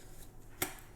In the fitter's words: so you just twist it you know when it reaches the groove cuz it makes a clicking sound